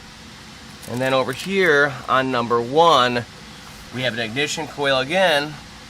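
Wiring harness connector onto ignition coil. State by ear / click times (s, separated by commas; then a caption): not seated / none. Someone talks while a wiring harness connector is handled at the number one ignition coil of a 2017-2021 Ford F-150 3.5L GTDI EcoBoost engine during spark plug replacement. No distinct click is heard over a low steady background. The connector has not seated or clicked yet.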